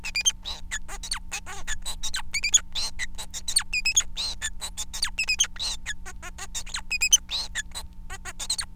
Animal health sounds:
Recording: song of a male Bengalese finch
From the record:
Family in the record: son of father 4

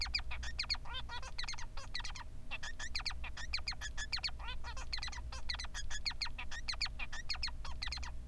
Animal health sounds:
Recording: song of a male Bengalese finch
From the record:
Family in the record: son of father 3

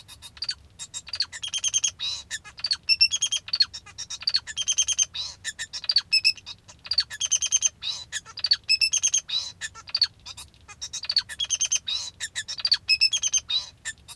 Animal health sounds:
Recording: song of a male Bengalese finch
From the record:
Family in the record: father 2

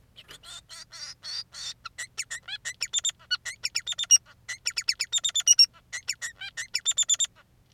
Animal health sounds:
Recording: song of a male Bengalese finch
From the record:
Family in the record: son of father 3

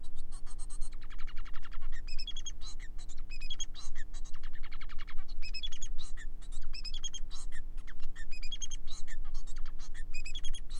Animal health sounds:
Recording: song of a male Bengalese finch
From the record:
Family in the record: son of father 4

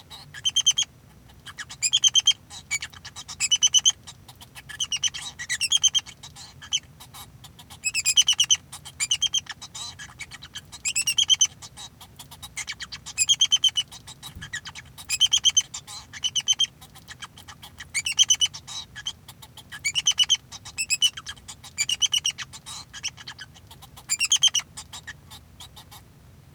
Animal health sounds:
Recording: song of a male Bengalese finch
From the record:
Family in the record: son of father 2

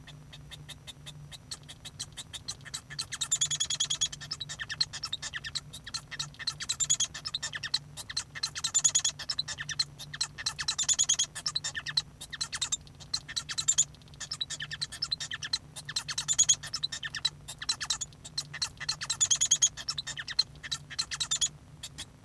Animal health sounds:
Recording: song of a male Bengalese finch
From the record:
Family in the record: son of father 1

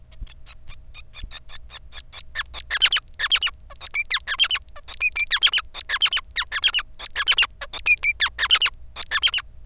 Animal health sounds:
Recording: song of a male Bengalese finch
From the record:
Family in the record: son of father 5

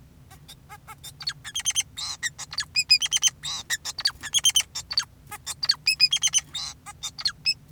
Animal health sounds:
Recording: song of a male Bengalese finch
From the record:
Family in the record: son of father 2, and himself father 4

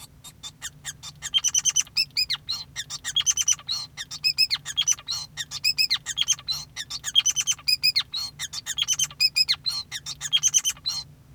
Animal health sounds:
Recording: song of a male Bengalese finch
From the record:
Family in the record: son of father 5

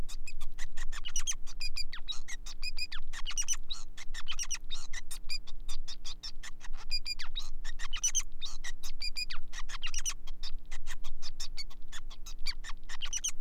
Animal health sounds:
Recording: song of a male Bengalese finch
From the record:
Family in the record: son of father 5

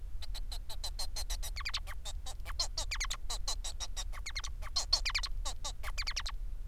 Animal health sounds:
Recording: song of a male Bengalese finch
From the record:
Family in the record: son of father 4

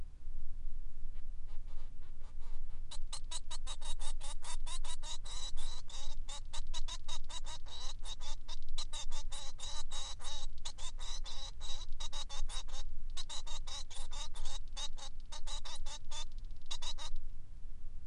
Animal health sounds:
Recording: song of a male Bengalese finch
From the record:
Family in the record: son of father 3

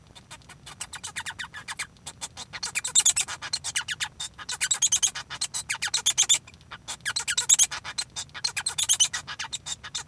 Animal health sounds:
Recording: song of a male Bengalese finch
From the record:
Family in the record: son of father 1

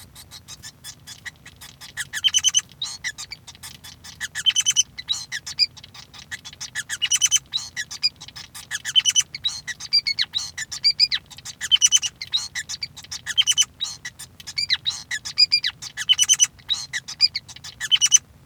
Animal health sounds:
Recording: song of a male Bengalese finch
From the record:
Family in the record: son of father 5

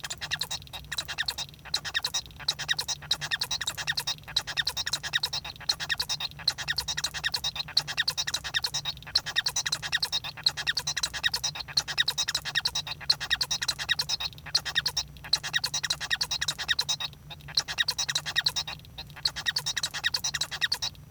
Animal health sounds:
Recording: song of a male Bengalese finch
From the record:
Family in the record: son of father 1

